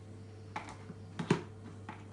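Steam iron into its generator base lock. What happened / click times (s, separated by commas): The iron is being handled on its base but has not locked home yet / none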